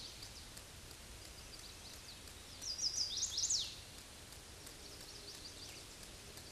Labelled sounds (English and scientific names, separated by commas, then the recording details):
Chestnut-sided Warbler (Setophaga pensylvanica) song
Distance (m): 115 m
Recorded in a Pennsylvania forest on 18 May 2023 at 07:47
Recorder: AudioMoth, point grid1_38_low
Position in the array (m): 119 m, 208 m